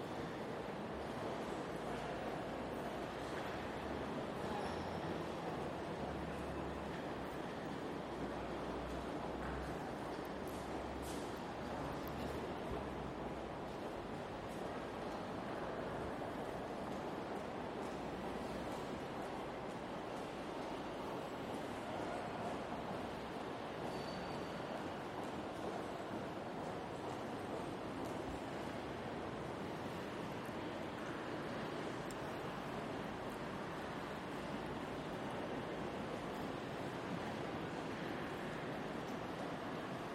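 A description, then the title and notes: A busy central station fills the air with a dense, steady roar of crowd and machinery that barely changes over the whole span. A low engine-like rumble throbs underneath during the first dozen seconds, and a faint high tone sounds briefly around the midpoint. Central Station is My Favourite Musical Instrument. My Zoom recorder.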